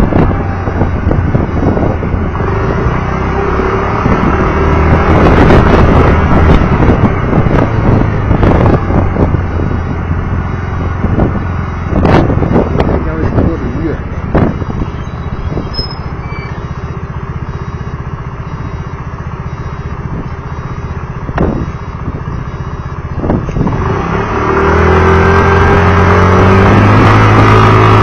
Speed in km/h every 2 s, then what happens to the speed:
18, 20, 22, 21, 16, 13, 10, 4, 0, 0, 0, 2, 11, 17.
0-6 steady at about 20. 6-15 slows to 0. 15-23 standing. 23-26 pulls away to 17.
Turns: none.